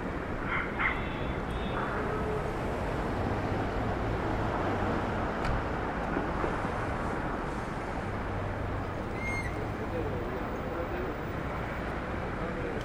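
Rooftop ambience over Starr Street and Irving Avenue in Brooklyn, a steady, dense rumble of traffic that holds level for the whole stretch. Faint voices surface now and then, and a short rising chirp, like a bird call, cuts through near the ninth second.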